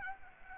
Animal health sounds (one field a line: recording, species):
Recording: mosquito wingbeat signal from an infrared sensor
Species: Aedes albopictus